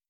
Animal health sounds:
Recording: hydrophone in a shrimp aquaculture tank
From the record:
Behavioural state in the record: starved

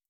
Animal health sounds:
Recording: hydrophone in a shrimp aquaculture tank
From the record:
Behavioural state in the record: feeding

